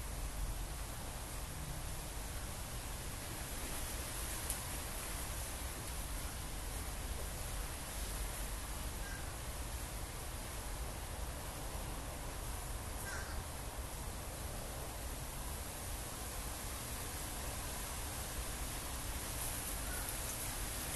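A steady outdoor breeze hisses without pause, dense and even from start to finish, with a low rumble underneath. A few faint, brief chirps or clicks surface briefly, around the fifth, thirteenth and twentieth seconds.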